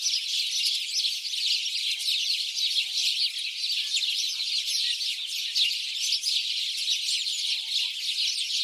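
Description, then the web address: House sparrows in a loud communal chorus, thick overlapping chirps with brief brighter notes standing out now and then. "SETE data Passer domesticus"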